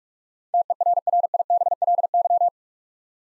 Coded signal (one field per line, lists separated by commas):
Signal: Morse code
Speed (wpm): 44 wpm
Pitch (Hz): 700 Hz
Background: none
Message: TERRIBLY